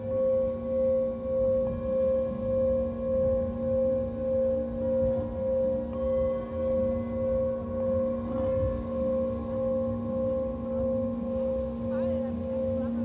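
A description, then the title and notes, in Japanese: A singing bowl rings in a long, sustained tone, its clear mid pitch held steady with a slow, even pulsing waver of roughly one beat per second throughout. Lower hum lies beneath, and faint brief higher sounds appear near the end. メキシコから シンギングボウルのサウンドヒーリング ライブ。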